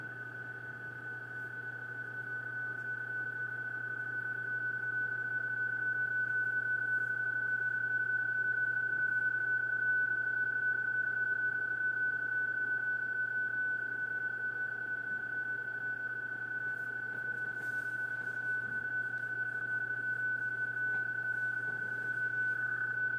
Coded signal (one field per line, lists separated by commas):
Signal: PSK31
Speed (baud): 31.25 baud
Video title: N0AGI - HF PSK OPS ON IC-7800 - VOL 70